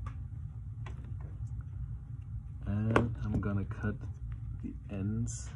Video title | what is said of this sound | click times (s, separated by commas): flat ethernet cable repair/fix, terminate RJ45 - easy DIY | now i'm gonna close this little bracket until it snaps in and i'm | 3.0 s